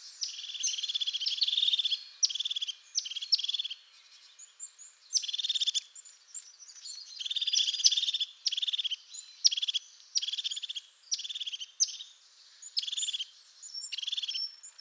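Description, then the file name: Crested tit: many bursts of buzzy, purring trills with high thin notes, steady and fairly continuous. "Mesange huppee"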